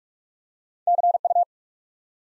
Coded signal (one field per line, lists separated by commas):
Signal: Morse code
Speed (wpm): 44 wpm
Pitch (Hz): 700 Hz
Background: none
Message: CU